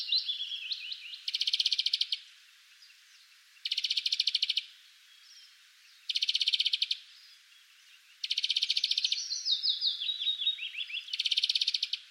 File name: Chloris chloris